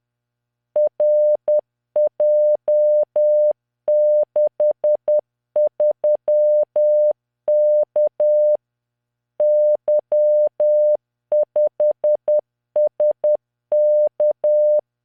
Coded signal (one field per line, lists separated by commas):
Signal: Morse code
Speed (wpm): 10 wpm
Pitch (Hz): 600 Hz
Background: none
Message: RJ63K Y5SK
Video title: tamanのモールス練習動画28（モールス信号 速度10WPM morse code)